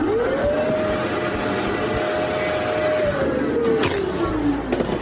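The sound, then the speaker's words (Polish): A vacuum cleaner, its hose put into a bag of folded clothes, roars steadily, its motor whine rising in pitch then holding and sagging as air is drawn out of the bag, with a few sharp crackles and rustles near the end. “W worek wkładam rurę. Włączam odkurzacz.”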